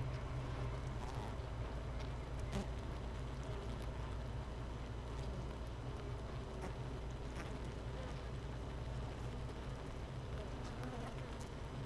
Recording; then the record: honeybee colony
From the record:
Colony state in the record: missing queen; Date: 31 May 2018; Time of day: 13:45